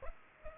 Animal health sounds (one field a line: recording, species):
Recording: mosquito wingbeat signal from an infrared sensor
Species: Aedes aegypti